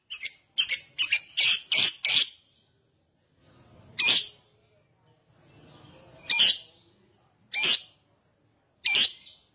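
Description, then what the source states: Lovebird calls: a quick series of six harsh high squawks, then single sharp squawks spaced a second or two apart with silence between. Described as 'gacor owor owor'.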